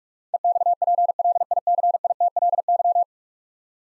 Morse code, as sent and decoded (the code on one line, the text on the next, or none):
. -..- .--. .-.. .. -.-. .. - .-.. -.--
EXPLICITLY